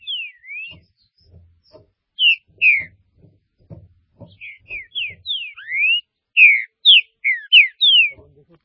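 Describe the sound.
Green-winged saltator singing a long series of loud, slurred whistles, some rising, most falling, at an irregular, fairly quick pace.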